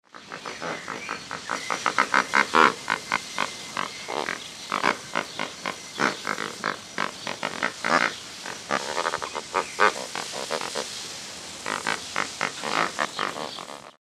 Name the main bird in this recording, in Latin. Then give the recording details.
Phoeniconaias minor. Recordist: Tembrock, Günter. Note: Laute im agonistischen Verhalten